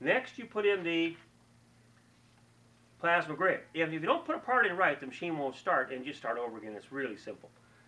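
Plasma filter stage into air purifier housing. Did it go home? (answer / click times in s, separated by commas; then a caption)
no / none. A plasma filter stage (plasma grid section) is handled for sliding into an air purifier housing while the unit lies on its back. Someone talks throughout over a faint steady low hum, with a pause in the middle. Nothing has seated or clicked yet.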